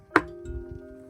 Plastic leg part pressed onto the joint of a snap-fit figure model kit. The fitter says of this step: and then I'll end up pressing this on here until I hear it click in. So then it's in